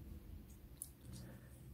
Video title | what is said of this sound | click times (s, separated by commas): D-Link DWR X2102 Wifi 6 AX1800 5G MiFi Router : Unbox, Setup Mobile hotspot and use | you will hear a click | 0.8 s